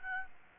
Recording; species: mosquito wingbeat signal from an infrared sensor; Aedes albopictus